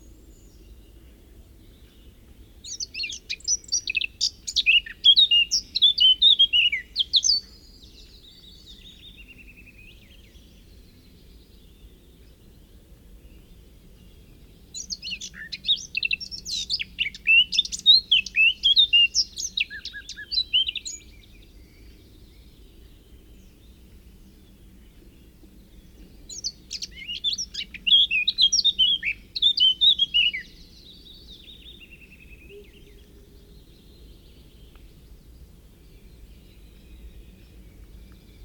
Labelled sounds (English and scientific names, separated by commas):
Eurasian Blackcap (Sylvia atricapilla) song